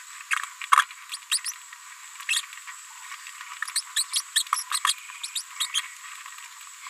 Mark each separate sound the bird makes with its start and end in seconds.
0.72-0.75, 1.12-1.17, 1.31-1.38, 1.45-1.53, 2.29-2.40, 3.75-3.81, 3.96-4.03, 4.13-4.22, 4.36-4.43, 4.56-4.63, 4.87-4.93, 5.23-5.25, 5.35-5.42, 5.60-5.66, 5.74-5.81